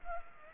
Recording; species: mosquito wingbeat signal from an infrared sensor; Culex pipiens